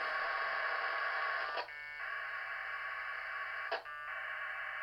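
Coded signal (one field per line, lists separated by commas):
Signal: packet radio (AX.25, as in APRS)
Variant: 1200 baud AFSK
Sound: two raspy warbling data bursts, each ending abruptly with a brief buzzy tone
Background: radio static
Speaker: You know, if that sounds a lot like the modems back in the '80s, that's because it is exactly the same sounds the modems in the '80s made.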